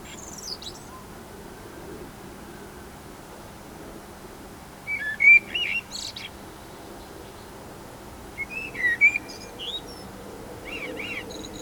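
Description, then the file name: Eurasian blackbird calling in several brief bursts of high, sharp chirps and thin slurred notes, separated by a few seconds of quiet with a low steady hum. "Turdus merula"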